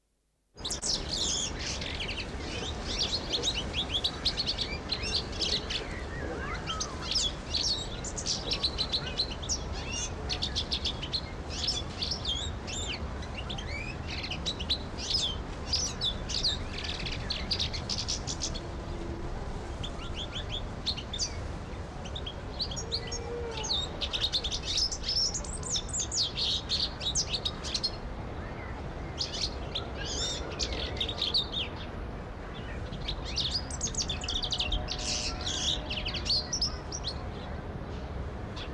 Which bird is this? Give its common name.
European Goldfinch